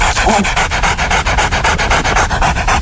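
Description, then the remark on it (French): A person vocally imitates a dog lapping water: a fast, steady run of wet, breathy smacks, about six or seven per second, loud and continuous with no talking. “Ah, moi j'arrive à imiter le chien qui boit.”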